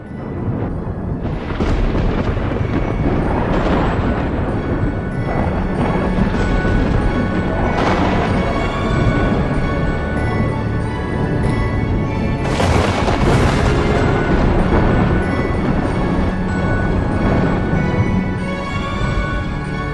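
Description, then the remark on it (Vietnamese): Loud, continuous rumbling thunder from lightning strikes, with three or so sharp crashing cracks bursting out over the roar, spread across the whole stretch with no pause. “Chỉ thấy sấm sét chói lòa đùng đùng, bà con vội vàng dạt ra xa, thậm chí có những người còn phải che mắt lại bởi vì những tia sét chói lòa tỏa ra sức nóng khủng khiếp.”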